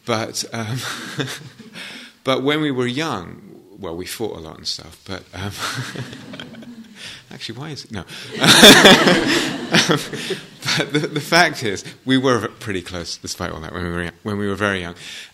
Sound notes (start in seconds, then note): 5.6 laughter; 8.2 laughter